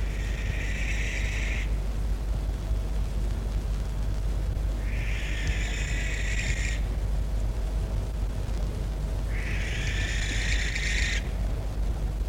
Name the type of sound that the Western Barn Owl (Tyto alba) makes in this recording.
flight call